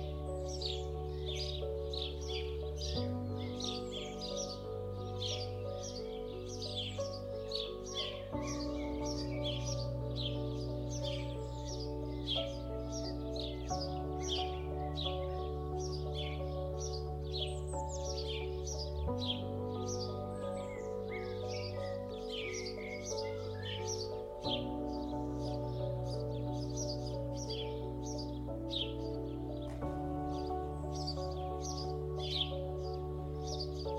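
Countryside birdsong over calm music: many birds chirp and trill continuously in bright, quick flurries throughout. Beneath them, soft sustained chords hold low and steady, shifting to a new chord roughly every five to six seconds, at an even volume.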